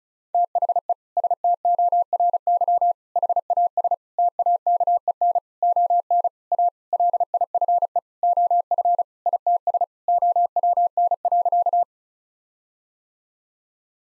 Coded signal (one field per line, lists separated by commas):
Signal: Morse code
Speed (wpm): 34 wpm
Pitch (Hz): 700 Hz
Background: none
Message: THE STORY HAS TAKEN ON A LIFE OF ITS OWN.